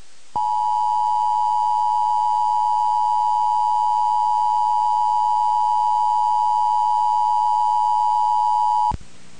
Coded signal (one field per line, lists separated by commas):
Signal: Emergency Alert System (SAME) tones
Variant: 853 and 960 Hz attention tone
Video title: EAS Tornado Warning Alabama NOAA Weather Radio